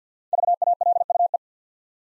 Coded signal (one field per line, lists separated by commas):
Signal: Morse code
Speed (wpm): 49 wpm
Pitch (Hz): 700 Hz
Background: none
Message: VALUE